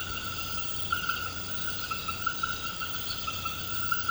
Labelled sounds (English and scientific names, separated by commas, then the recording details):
none
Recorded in pastures near Puerto Asís, Putumayo, Colombia, on 21 March 2025 at 22:00
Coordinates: 0.472, -76.329
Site G074